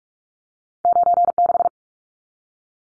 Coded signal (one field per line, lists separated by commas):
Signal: Morse code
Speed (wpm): 44 wpm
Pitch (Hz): 700 Hz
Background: none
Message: 96